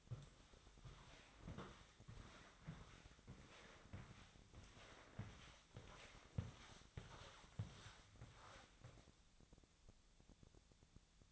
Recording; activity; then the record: daily activity, microphone in the room; walk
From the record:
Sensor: 3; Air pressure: 1000.5 hPa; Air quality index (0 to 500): 166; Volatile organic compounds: 3 ppm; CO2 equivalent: 1454 ppm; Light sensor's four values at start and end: 18/45/18/20 and 16/42/17/19